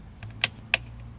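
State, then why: Seated. A plastic sunglass tray is slid onto its rails under the dash console of a 987 Cayman S and pushed home into the center console trim. A couple of faint ticks are followed by two sharp, loud plastic snaps at 0.4 s and 0.7 s over a low steady hum. The tray snaps into place and is seated.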